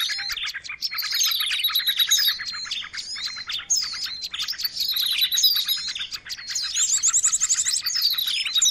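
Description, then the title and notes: Birds in noisy, continuous chirping with rapid staccato notes, mixed with whistled slurs and trills. Long-duration noisy bird sounds used as a lure for catching birds; master training audio. "Master Burung Ribut Durasi Panjang. Burung Ribut Pikat"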